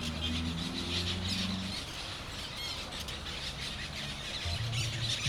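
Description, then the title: Parrots chattering in a harsh, continuous chorus of squawks, with a low humming drone at the start and end. Parrots in Crespo, recorded at sunset. "Loros En Crespo"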